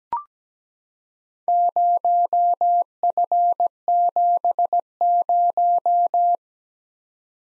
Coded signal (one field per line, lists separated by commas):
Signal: Morse code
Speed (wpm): 17 wpm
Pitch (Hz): 700 Hz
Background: none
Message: 0F70